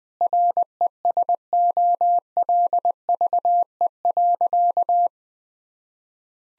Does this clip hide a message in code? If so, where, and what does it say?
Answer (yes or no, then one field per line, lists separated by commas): yes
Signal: Morse code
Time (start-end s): 0.2-5.1 s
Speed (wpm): 21 wpm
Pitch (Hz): 700 Hz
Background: none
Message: RESOLVE.